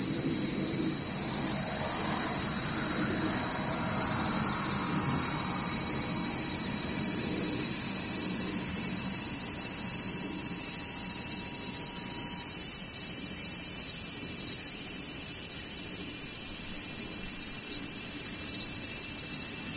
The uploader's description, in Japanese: セミムシ